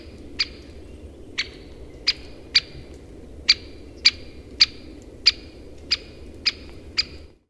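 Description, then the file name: Great spotted woodpecker gives a series of abrupt, clicking 'kik' calls, spaced irregularly about every half to one second, over low background noise. Calls recorded in summer. "suurkirjurahn haalitsused"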